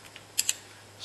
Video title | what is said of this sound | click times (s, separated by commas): Turbo ls vz ss commodore build EP3 Motor reassemble | wait for the click just to ease up on it no no use racing on it | 0.4 s, 0.5 s